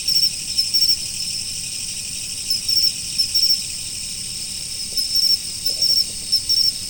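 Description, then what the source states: Steady high insect chorus with groups of two or three quick chirps repeating at irregular intervals throughout. Autumn.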